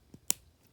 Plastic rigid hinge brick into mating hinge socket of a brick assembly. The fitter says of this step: should click in now you should have something that looks a little bit like this